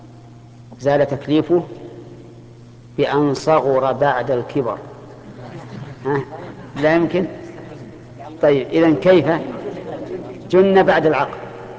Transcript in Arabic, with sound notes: " زال تكليفه بأن صغُر بعد الكِبر (ضحك الحضور) لا يمكن؟ طيب إذًا كيف؟ جن بعد العقل